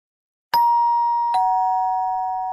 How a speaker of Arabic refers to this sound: دق جرس الباب فذهبت لأفتحه.